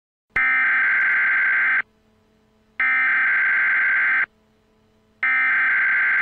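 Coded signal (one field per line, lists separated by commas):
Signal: Emergency Alert System (SAME) tones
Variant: header bursts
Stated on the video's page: Fictional EAS scenario; content is entirely made up, not a real alert.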